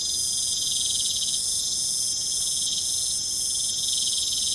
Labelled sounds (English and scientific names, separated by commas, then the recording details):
none
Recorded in pastures near Puerto Asís, Putumayo, Colombia, on 23 June 2025 at 21:00
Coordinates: 0.472, -76.331
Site G095